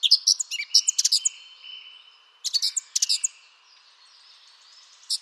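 Eurasian blackcap song: rapid, sharp chirping phrases in uneven bursts separated by short gaps, with a faint high steady tone underneath.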